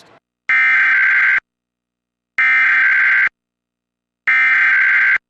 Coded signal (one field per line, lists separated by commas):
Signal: Emergency Alert System (SAME) tones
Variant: header bursts